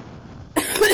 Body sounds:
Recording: coughing mixed with background sound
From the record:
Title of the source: 30 Chesty and wet cough

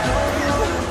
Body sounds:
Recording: coughing mixed with background sound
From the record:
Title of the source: choking, hacking coughing

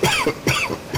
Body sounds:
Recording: coughing mixed with background sound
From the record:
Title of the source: Dry Afternoon Cough

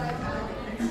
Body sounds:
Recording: background sound without coughing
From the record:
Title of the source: 60 minutes of coffee shop sounds for study and concentration

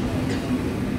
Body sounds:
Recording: coughing mixed with background sound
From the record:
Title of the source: female coughing - coughing sound effects girl

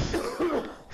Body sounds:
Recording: coughing mixed with background sound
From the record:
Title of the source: Coughing 77

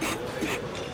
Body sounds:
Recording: coughing mixed with background sound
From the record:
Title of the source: 61 morning phlegmy cough...again

